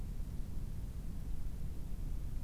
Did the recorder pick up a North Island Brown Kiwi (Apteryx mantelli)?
no